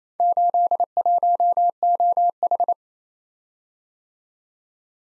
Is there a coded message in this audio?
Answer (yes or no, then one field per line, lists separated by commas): yes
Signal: Morse code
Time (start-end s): 0.2-2.7 s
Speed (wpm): 28 wpm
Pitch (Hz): 700 Hz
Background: none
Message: 81OH